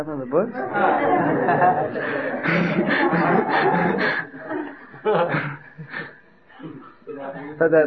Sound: laughter

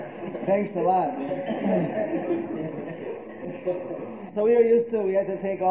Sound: laughter

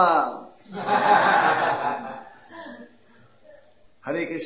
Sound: devotees laughing

